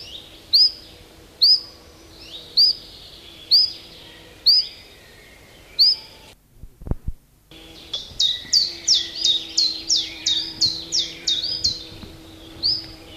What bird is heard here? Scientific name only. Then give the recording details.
Phylloscopus collybita. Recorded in the wild. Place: Emsdetten, Nordrhein-Westfalen, DE. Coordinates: 52.29, 7.56. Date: 1985-06-15. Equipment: Sony WM-D6C, Big Ear. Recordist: Skiba, Reinald